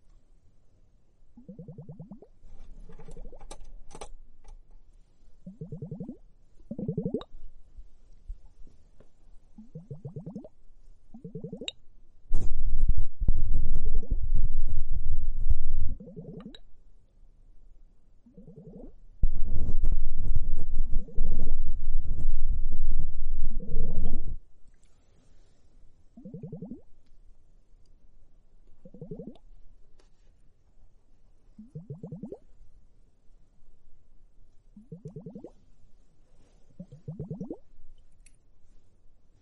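Foamy bubbles pop and gurgle in soft, rounded plops, spaced out fairly regularly, roughly one every second or two. Twice the sound swells into a loud, dense, rumbling rush of foam, from about 12 to 16 seconds and again from 19 to 24.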